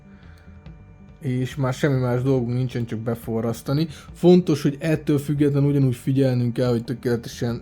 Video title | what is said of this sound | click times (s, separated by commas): DualSense Edge VS GuliKit 720 TMR – Megéri az átépítés? | Well, if the legs are nicely straight, then it should snap into place beautifully in this shape. See? | 0.7 s